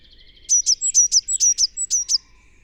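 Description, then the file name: Eurasian blue tit calling: about ten sharp, clipped high notes in a quick steady rhythm, lasting under two seconds. "Cyanistes caeruleus"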